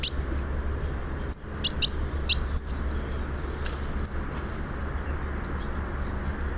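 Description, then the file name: Great tit calls, a quick series of short downward-slurred chirps, then a single note and quiet, over a steady low hum. "Parus major"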